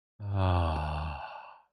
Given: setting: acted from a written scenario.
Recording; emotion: vocal sound without words; serenity